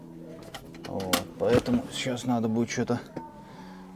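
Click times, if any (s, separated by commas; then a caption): none. In a Volkswagen T4 van, a seat belt tongue is pushed toward its buckle and retractor mechanism, giving two faint knocks at about 0.6 and 0.8 seconds. Someone then talks. The belt fails to snap into place, and nothing has latched.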